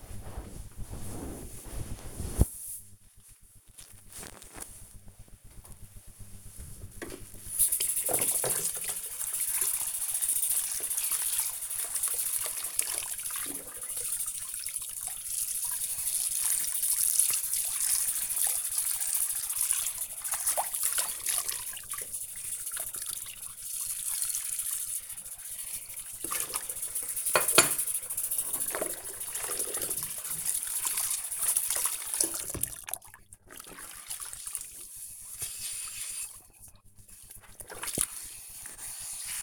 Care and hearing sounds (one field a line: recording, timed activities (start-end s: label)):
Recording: household activities, microphone on the right wrist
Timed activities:
4.92-39.43 s: washing dishes